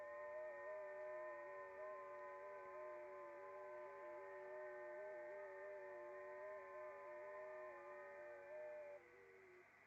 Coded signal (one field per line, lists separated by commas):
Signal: FT8